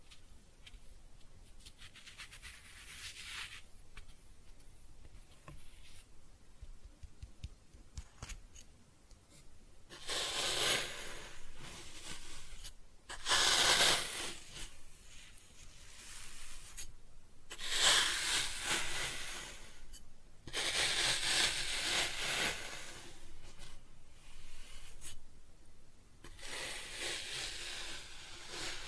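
Kinetic sand being cut and scooped, heard as soft gritty crunches and hissing scrapes. Quiet stretches alternate with louder bursts of rasping, brightest around 10–14, 17–18 and 20–23 seconds, with a low steady rumble underneath throughout.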